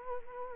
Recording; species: mosquito wingbeat signal from an infrared sensor; Culex quinquefasciatus